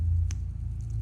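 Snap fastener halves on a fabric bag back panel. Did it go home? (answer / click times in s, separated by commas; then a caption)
yes / 0.3 s. While a sewn bag is being assembled, the male half of a snap or magnetic clasp is pressed onto the female half on the fabric back panel. A single sharp, short click sounds at 0.3 s over a steady low rumble, with two faint ticks near 0.8 and 0.9 s. The fastener halves snap together and are seated, so the parts will stay in place.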